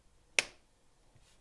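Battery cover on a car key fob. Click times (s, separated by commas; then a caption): 0.4 s. After its two tabs are inserted at one end, the back edge of the battery cover on a Mercedes-Benz car key fob is pressed down onto the plastic fob housing. A single sharp, bright snap sounds at 0.4 s, fading quickly into near silence. The cover is seated and snapped into place.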